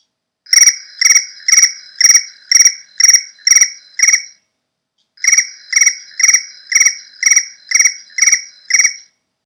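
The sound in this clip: Cricket chirping: loud, regular pulsed chirps about twice a second in two runs of seven or eight, separated by a pause of about a second, with no other sounds.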